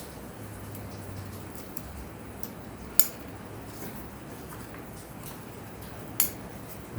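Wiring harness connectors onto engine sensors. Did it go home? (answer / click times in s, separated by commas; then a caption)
yes / 3.0 s, 6.2 s. Engine wiring harness connectors, unplugged earlier during an oil filter housing replacement on a 2011 to 2016 Town & Country, are pushed back onto their engine sensors by hand. Two sharp clicks at 3.0 s and 6.2 s stand out over a steady low background hiss. Both connectors click in and are seated.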